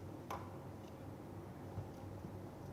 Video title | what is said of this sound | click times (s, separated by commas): mod11lec44 | when each objective comes into focus you will hear a click sound . | 0.3 s